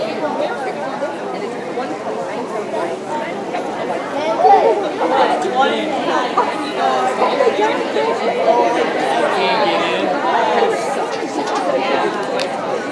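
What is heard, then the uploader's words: Crowd chatter outside at a fair, many voices overlapping into a dense, steady murmur. Individual words and a few louder voices surface now and then, especially around the middle, while the level stays fairly even throughout with a light, busy hiss above. Outside at the Fair.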